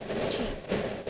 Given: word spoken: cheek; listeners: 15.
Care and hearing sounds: one English word in noise, from a listening test; noise modulated by three-talker babble; -6.7 dB; 1 of 15; 14 of 15; 0.70 s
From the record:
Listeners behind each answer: 14, 1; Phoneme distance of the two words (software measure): 10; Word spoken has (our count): 1 syllable, 3 phonemes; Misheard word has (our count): 1 syllable, 3 phonemes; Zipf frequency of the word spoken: 3.93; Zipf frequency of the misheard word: 4.65

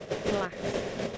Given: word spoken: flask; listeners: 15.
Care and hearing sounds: one English word in noise, from a listening test; noise modulated by three-talker babble; -5.8 dB; 2 of 15; 7 of 15; 0.78 s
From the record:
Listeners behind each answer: 7, 2, 2, 2, 1, 1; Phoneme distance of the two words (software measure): 17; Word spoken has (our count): 1 syllable, 5 phonemes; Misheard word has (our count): 1 syllable, 4 phonemes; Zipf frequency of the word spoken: 3.52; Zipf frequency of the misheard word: 4.92

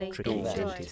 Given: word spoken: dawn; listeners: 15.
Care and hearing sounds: one English word in noise, from a listening test; four-talker babble; -2.5 dB; 0 of 15; 6 of 15; 0.52 s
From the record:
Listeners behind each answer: 6, 2, 1, 1, 1, 1, 1, 1, 1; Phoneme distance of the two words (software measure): 44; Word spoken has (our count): 1 syllable, 3 phonemes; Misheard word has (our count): 2 syllables, 5 phonemes, stress on syllable 1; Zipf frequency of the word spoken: 4.34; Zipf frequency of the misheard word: 4.51

